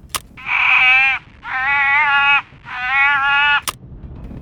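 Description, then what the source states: Harbor seal calls: three drawn-out, bleating, harmonic cries, evenly spaced, with sharp clicks just before the first and after the last. Mystery recording played in a guessing game; waves heard in the background.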